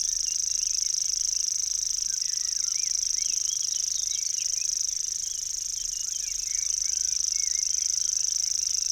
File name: locustelle tachetee